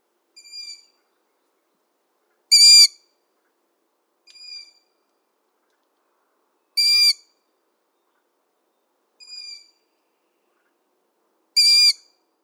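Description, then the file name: Long-eared owl begging calls: loud, squeaky notes about every four and a half seconds, with softer, thinner squeaks between them; otherwise quiet. Juveniles, recorded at Pichanges on 23 April 2015 at about 19:38. "Hibou-moyen-duc-jeunes Pichanges"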